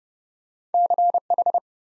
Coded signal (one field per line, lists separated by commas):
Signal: Morse code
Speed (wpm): 30 wpm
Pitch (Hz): 700 Hz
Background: none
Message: CH